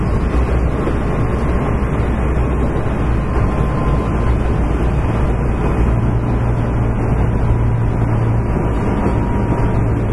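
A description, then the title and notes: A Kintetsu Railway 7000 series train runs steadily, a dense, unbroken rumble weighted toward the low end with no pauses or distinct events. A faint thin whine holds throughout, and a low hum swells slightly around the middle before easing again. 近鉄7000系(初期GTO) コスモスクエアから生駒まで. 近畿日本鉄道 7000系電車の走行音. 直通列車で録音しました。 Running sound of the Kintetsu Railway 7000 series train.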